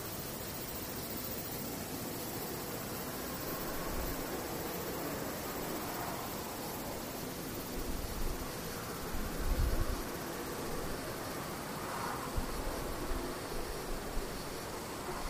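Cicadas drone in a steady, dense hiss that barely changes across the whole clip, with a thin high whine running over it. Low thumps and rumbles break in around eight, ten and twelve seconds, briefly louder than the constant buzz.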